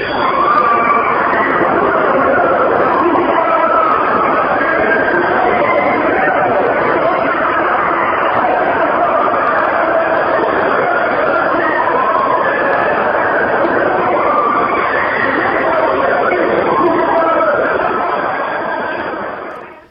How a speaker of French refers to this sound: Voilà, donc c'est vrai que si on imagine l'enfer peuplé de damnés qui hurlent, hein, ça se rapprocherait de ça, je pense.